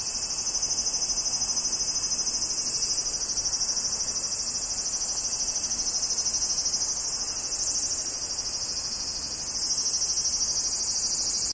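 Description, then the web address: Cicadas droning in a continuous high, metallic buzz with rapid fine pulsing, the chorus swelling slightly louder toward the middle and end. Cicadas in Tokyo, Japan, in summer; ambient insect chorus in stereo. "Sound Effects-Foundation 1 AMBIENCE TOKYO SUMMER INSECTS CICADAS"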